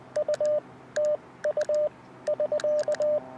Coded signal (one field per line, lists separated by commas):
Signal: Morse code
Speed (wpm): 18 wpm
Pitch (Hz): 600 Hz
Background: radio noise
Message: U TU <SK>